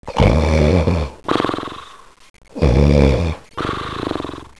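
Two loud, low rattling snores alternate with softer out-breaths at a rapid breathing pace: snoring in an adult sleeper.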